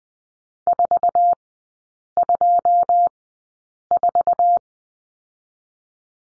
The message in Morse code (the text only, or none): 424